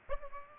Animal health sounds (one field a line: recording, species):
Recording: mosquito wingbeat signal from an infrared sensor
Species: Aedes aegypti